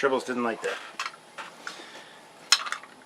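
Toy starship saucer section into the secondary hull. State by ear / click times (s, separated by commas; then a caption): seated / 2.5 s. Someone talks as the separated saucer section of a diecast toy starship is pushed back onto its secondary hull after an earlier try that did not seat properly. Light clinks follow, then a sharp click at 2.5 s, with smaller taps just after, as the saucer locks into place.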